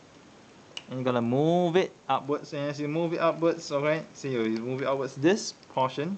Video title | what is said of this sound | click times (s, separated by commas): Takara Tomy Transformers Masterpiece MP-27 Cybertron Security Ironhide Review | Okay, you got to lift it. Okay, you hear click | 0.8 s